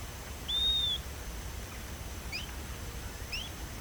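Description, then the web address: Bird call: a single bright, arched whistle near the start, followed by two faint quick rising chirps over steady hiss. "BIRD 2015 SABIOD 50 bird 2015"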